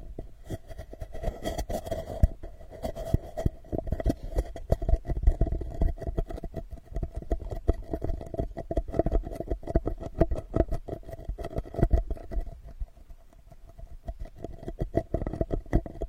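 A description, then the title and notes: Ear digging with a straw makes a dense run of fast, irregular scratching and crackling clicks that last the whole sixteen seconds. Beneath them sits a low rumbling bed and a faint steady hum, with brief lulls near twelve and fourteen seconds. Unique straw therapy ear digging experience.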